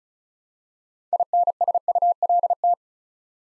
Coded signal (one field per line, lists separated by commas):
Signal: Morse code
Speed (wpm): 36 wpm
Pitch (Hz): 700 Hz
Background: none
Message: INSULT